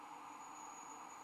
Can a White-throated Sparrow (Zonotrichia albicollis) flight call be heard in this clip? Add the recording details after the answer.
no. No flight call is heard. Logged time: 04:47 on 19 December 2014